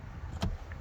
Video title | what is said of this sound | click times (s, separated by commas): Honda Jazz 1.5 h i-MMD EX eCVT - Blackpool Honda | clamp that down like so you'll hear the click | 0.4 s, 0.7 s